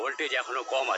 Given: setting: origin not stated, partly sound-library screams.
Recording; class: one-second piece from a danger detection set; woman in danger